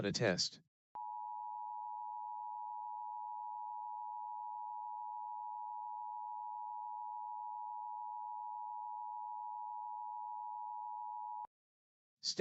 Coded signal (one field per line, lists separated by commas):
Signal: Emergency Alert System (SAME) tones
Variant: 853 and 960 Hz attention tone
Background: speech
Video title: LIVE AM/MW DX: DX Central Live - S. 4, Ep. 11 | Friday, March 22, 2024